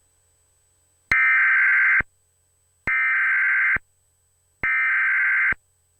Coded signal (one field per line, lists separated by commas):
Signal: Emergency Alert System (SAME) tones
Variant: header bursts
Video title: (EAS SCENARIO) Zombies Destroy the World